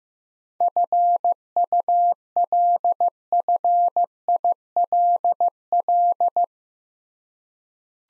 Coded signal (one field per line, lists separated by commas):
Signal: Morse code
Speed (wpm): 15 wpm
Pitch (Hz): 700 Hz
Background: none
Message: FULFILL